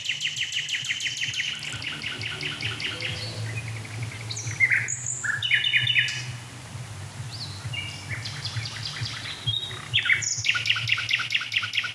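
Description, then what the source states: Common Nightingale song of rapid repeated notes, whistles and abrupt phrases separated by short pauses, over a steady low hum. Recorded between two dense self-declared core zones full of deadwood; the recordist asks for one last farewell sob in the song.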